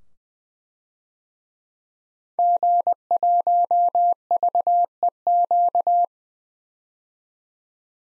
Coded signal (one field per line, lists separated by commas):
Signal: Morse code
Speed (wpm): 20 wpm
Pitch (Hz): 700 Hz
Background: none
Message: G1VEQ